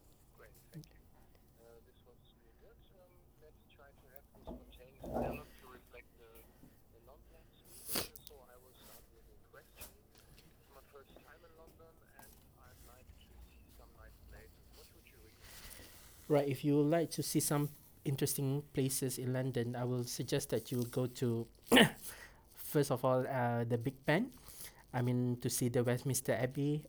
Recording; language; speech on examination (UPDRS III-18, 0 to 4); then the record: conversation on a phone call; English; 0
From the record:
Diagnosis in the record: healthy control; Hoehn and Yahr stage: 0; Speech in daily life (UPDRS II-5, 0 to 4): 0